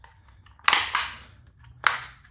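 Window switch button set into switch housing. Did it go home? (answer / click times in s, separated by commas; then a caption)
yes / 0.7 s, 1.9 s. A replacement plastic window switch button set from a non-anti-pinch SAAB 9-3 is pushed down into the switch housing until its small plastic tabs lock. Sharp plastic snaps ring out at 0.7 s and 1.9 s, with a further crackle just after the first. The button set seats with its tabs locked in place.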